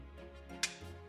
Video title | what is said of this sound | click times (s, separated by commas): Solving the "HELMS KEEP" puzzle - Pirates of the Caribbean vibes! | but it actually does you just got to put a little bit of force there and it's and it moves and then it snaps back | 0.6 s